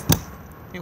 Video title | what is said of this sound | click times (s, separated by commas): 45885 Elddis 2021 Majestic 196 outside handover | take the external shower hose and plug it in it will then lock into place | 0.1 s